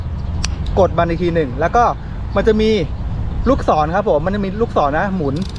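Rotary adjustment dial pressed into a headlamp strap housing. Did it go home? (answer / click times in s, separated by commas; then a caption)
yes / 0.5 s. The plastic rotary adjustment dial on the strap of a Fenix HM65R-T headlamp is pressed back down into its housing after the cord was released and resized. It makes a sharp click at 0.5 s as it locks, while someone talks.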